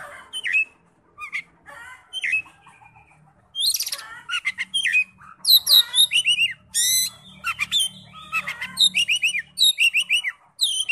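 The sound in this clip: Oriental magpie-robin delivering a long, rich song of rising and falling whistles and scratchy notes that grows denser and louder in the second half.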